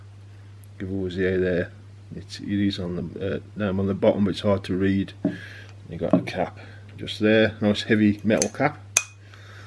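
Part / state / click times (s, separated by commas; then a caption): metal cap onto perfume bottle / seated / 9.0 s. Someone talks while handling a glass perfume bottle, then pushes its heavy metal cap back on. A sharp metallic click at 8.9 s shows the cap clicking into place, seated.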